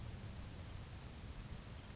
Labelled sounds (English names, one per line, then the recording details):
Grasshopper Sparrow
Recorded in Sonoma County, California